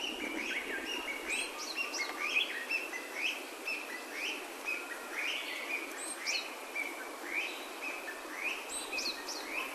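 Birds chirping: many short rising and falling notes over a steady background hiss, with several callers overlapping.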